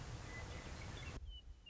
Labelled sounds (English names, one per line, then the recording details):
Western Meadowlark
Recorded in Sonoma County, California